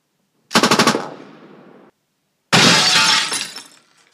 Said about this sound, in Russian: Тайкус дал короткую очередь по окнам.